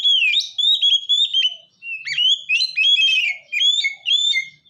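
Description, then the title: Oriental magpie-robin giving fast whistled phrases with warbling, sliding notes, delivered in a few bursts with brief pauses. "kacer"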